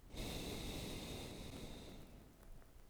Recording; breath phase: one breath near a microphone; exhalation